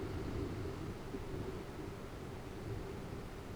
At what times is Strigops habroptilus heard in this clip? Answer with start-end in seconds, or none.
none